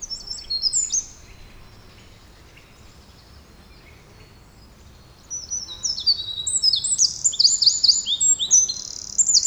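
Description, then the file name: Eurasian wren song: a short high twitter at the start, a quiet pause of about four seconds, then a loud, rapid run of shrill notes and trills. "Troglodytes troglodytes"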